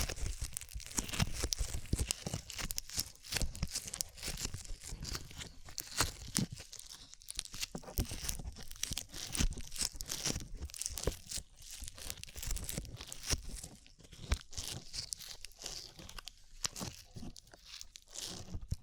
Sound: ASMR SLIME